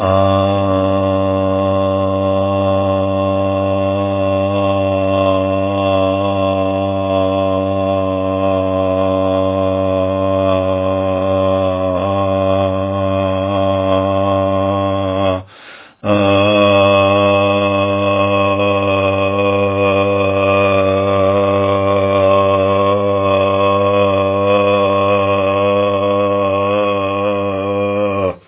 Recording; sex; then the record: sustained vowel /a/; male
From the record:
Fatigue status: fatigue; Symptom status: symptomatic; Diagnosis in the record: COVID-19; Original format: 3gp